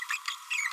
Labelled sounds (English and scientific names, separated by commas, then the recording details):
Green-rumped Parrotlet (Forpus passerinus) babbling
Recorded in a nest box in Venezuela
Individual 18B25A5